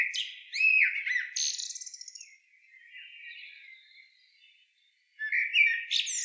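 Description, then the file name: Common blackbird song: fluted, warbling phrases with squeaky high twitters, a softer rambling passage in the middle, then a short pause before a bright final phrase. "Turdus merula"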